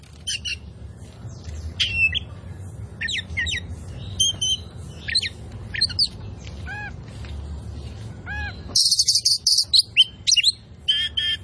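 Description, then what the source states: Oriental magpie-robin singing scattered whistles and chirps at first, a few soft slurred notes, then a loud buzzy trill and quick whistled phrases at the end. Indonesian name kacer poci; described as gacor, singing actively and constantly.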